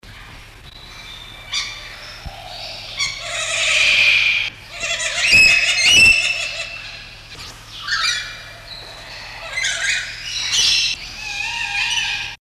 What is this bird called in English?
Chattering Lory